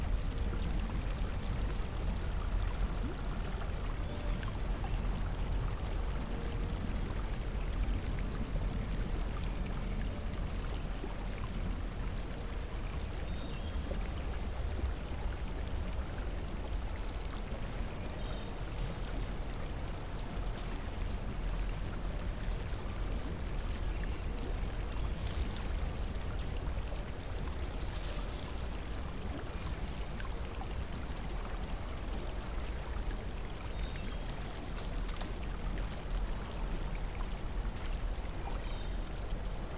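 Water in a hot spring churns and bubbles steadily, a dense, low gurgling that never lets up over the whole stretch. Brief bright splashes or clicks break through now and then, more often in the second half.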